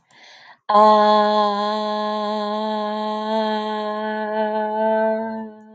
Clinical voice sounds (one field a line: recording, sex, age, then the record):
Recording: vowel held as long as possible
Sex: female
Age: 40 to 49 years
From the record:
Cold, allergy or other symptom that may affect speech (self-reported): no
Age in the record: 46 years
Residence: Oklahoma, United States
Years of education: 19